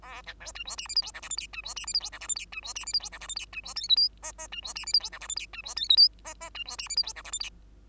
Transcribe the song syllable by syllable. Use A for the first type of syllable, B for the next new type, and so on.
A B C D E F G H I J K L M D E F G H I J K L M D E F G H I J K L M D E N O P Q Q D E F G H I J K L M D E N O P Q Q D E F G H I J K L M